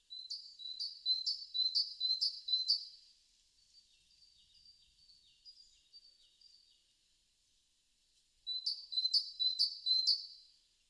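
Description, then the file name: Great tit calls: high, sharp ringing notes repeated about twice a second in a fast series, then a softer, lower run of notes, and a second bright series near the end. "Parus major"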